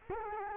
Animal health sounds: mosquito wingbeat signal from an infrared sensor; Culex quinquefasciatus

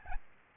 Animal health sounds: mosquito wingbeat signal from an infrared sensor; Aedes albopictus

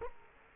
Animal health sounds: mosquito wingbeat signal from an infrared sensor; Culex quinquefasciatus

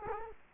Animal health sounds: mosquito wingbeat signal from an infrared sensor; Culex quinquefasciatus

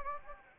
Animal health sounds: mosquito wingbeat signal from an infrared sensor; Anopheles gambiae

